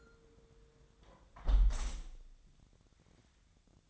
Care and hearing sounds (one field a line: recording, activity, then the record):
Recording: daily activity, microphone in the room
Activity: close window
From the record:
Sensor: 3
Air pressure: 999.8 hPa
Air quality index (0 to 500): 217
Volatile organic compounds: 76 ppm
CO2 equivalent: 3571 ppm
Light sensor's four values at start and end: 10/23/9/9 and 9/22/9/8